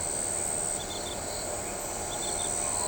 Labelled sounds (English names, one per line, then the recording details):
none
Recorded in shrubland near Pivijay, Magdalena, Colombia, on 17 April 2023 at 22:30
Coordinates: 10.453, -74.365
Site P5-G022